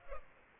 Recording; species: mosquito wingbeat signal from an infrared sensor; Culex pipiens